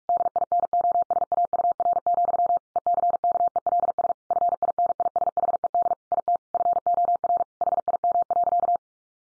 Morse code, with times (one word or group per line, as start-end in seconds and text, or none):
0.1-2.6 DINOSAUR,
2.8-4.1 ECKELS
4.3-5.9 FINISHED
6.1-6.4 IT
6.5-7.4 FOR
7.6-8.8 HIM.